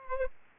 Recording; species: mosquito wingbeat signal from an infrared sensor; Aedes aegypti